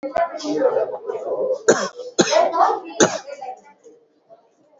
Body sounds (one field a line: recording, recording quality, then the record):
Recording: heavy voluntary cough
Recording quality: moderate, slight background noise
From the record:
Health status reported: COVID-19 positive, mild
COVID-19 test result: positive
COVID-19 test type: RT-PCR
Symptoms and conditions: cough, cold, breathing difficulty, fever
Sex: male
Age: 34 years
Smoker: no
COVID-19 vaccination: both doses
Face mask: worn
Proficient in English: yes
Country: India